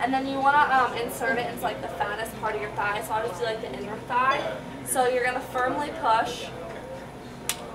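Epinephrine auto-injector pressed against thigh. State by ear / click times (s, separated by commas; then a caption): seated / 7.5 s. An epinephrine auto-injector is pressed firmly against the inner thigh, the fattest part of the thigh, while someone talks. At 7.5 s the mechanism fires with a short, sharp click, showing the injector has activated.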